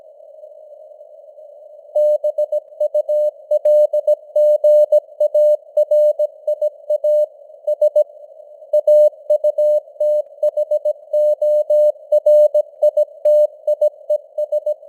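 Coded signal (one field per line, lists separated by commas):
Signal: Morse code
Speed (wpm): 17 wpm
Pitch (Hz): 600 Hz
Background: none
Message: BULGARIA S AUTHORITIES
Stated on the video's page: News headlines in Morse at 17 wpm with simulated radio noise and varying signal strength (QSB).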